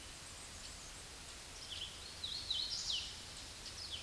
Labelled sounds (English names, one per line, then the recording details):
Hooded Warbler song
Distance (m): 30 m
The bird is about level with the microphone
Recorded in a Pennsylvania forest on 16 May 2024 at 08:08
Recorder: AudioMoth, point MSD-2201
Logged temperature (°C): 15.5 °C
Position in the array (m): 183 m, 81 m